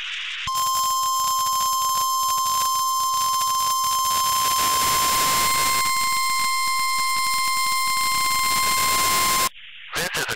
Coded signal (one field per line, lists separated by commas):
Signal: Emergency Alert System (SAME) tones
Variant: 1050 Hz attention tone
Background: speech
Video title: NOAA WEATHER RADIO- Required Weekly Test-Sep 15, 2021 12:00pm PDT(audio)